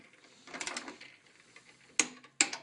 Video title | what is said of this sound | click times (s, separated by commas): Flatten a Newman Roller Frame on a Newman Roller Master | and you hear it click this is where we were just finishing that corner we're on the same frame | 2.0 s, 2.4 s